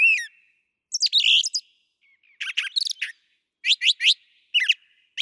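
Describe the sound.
Brown thrasher singing a string of varied phrases, scratchy and chirpy, separated by short pauses, some notes given in pairs; quiet background.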